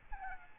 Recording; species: mosquito wingbeat signal from an infrared sensor; Aedes albopictus